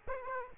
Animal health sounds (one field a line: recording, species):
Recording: mosquito wingbeat signal from an infrared sensor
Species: Aedes aegypti